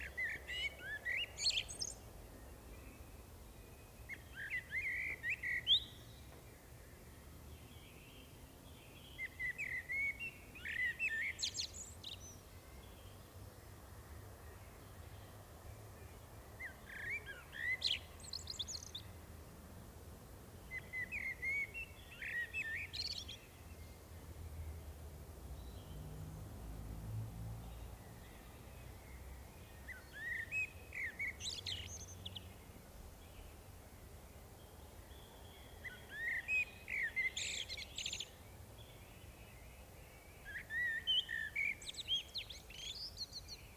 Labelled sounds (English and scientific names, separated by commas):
Common Blackbird (Turdus merula) song